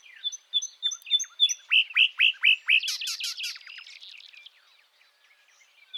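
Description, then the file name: Common nightingale song: a row of thin high notes, then loud repeated downslurred whistles running into a buzzy rattle that fades out. "Luscinia megarhynchos"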